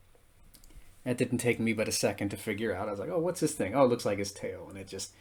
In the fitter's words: yeah snapped right into